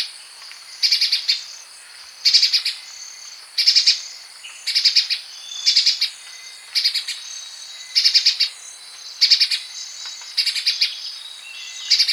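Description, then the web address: Grey-breasted spiderhunter calls: short bursts of rapid, sharp high chattering notes, repeated with brief pauses over a steady high insect-like hiss. "grey brested spiderhunter call"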